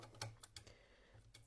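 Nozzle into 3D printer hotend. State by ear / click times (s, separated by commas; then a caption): seated / 0.6 s. A 0.4 nozzle is pushed back into the hotend of a Bambu Lab A1 or A1 mini 3D printer, put back the way it was during reassembly. Several short, sharp clicks and taps sound at about 0.2, 0.4 and 1.4 s, with the nozzle snapping in with a crisp click at 0.6 s. The nozzle is seated in the hotend.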